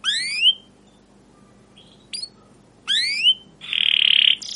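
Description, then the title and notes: Canary calls: paired rising whistled sweeps separated by a short high chip, followed by a harsh buzzy note. Canary singing long, excited 'cuit cuit' phrases, used as a lure and master recording to teach young canaries to sing. "CUIT CUIT NGEROL LANGSUNG GACOR PANJANG Kenari Ini AMPUH Utk Pancingan KENAR. PANCINGAN Kenari GACOR PANJANG Cuit CUIT EMOSI ini AMPUH utk MASTERAN Kenari PAUD belajar BUNYI. burung kenari"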